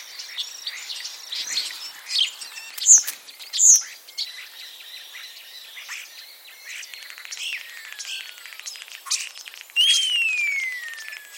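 Common starling song: varied mix of clicks, crackles and short squeaky notes, two sharp high whistles near three and four seconds, then a long drawn-out descending whistle near the end.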